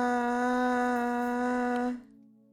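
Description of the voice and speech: A steady, clear two-second 'ah' at a girl's pitch: one of the few basic vowel-like sounds she can make with a very rare speech disorder that makes it impossible for her to speak or form words or sentences.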